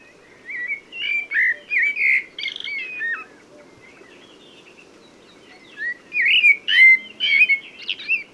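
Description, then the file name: Common blackbird song: a run of mellow whistled notes, a few seconds of quiet, then another fluty phrase; soft background noise. "Turdus merula"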